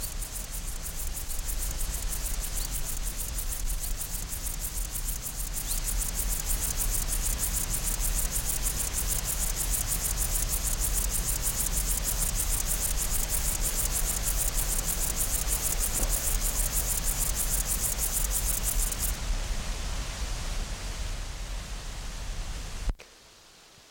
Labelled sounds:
Upland Field Grasshopper (Chorthippus apricarius) stridulation

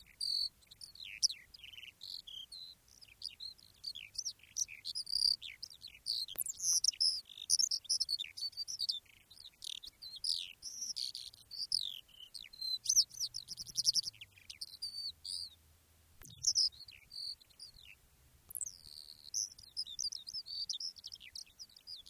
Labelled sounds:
Eurasian Skylark (Alauda arvensis)

